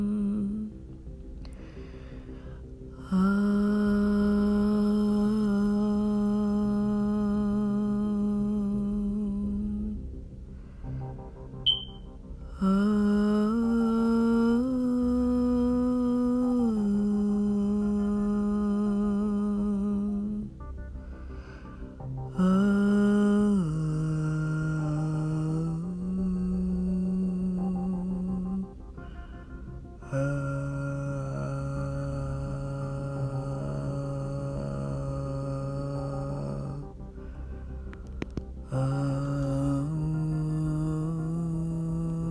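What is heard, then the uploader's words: Long sustained moaning tones, held for several seconds each with short pauses, sliding between low pitches, steady. Moaning with lower octaves.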